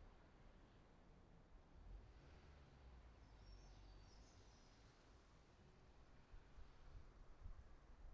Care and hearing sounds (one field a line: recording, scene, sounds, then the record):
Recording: everyday scene through a hearing-aid microphone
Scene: wind on the microphone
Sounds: wind, traffic, birds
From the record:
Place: suburban garden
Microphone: behind the ear, right, rear